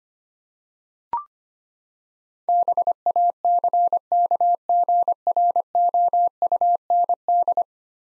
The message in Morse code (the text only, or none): BACKGROUND